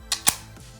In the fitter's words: and it snaps right on.